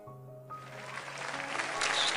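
A dense crackling and popping of camera flashes swells in over a low, steady hum of whirring video cameras, growing louder and busier toward the end as an audience in a banquet hall reacts to the unveiling of a jade Buddha head.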